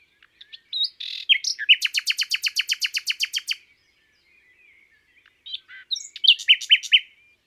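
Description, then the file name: Common nightingale song: a long, fast series of sharp repeated notes, a pause, then a varied phrase of whistles and clicks. "Rossignol philomele"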